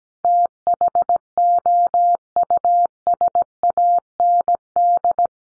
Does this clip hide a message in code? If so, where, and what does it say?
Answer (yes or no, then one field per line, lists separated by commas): yes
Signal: Morse code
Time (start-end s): 0.2-5.3 s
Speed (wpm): 17 wpm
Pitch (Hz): 700 Hz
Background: none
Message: THOUSAND